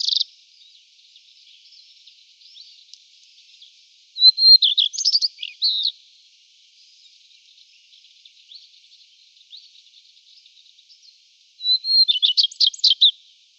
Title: Sylvain Jaskowiak - Mes piafs. Rougequeue à front blanc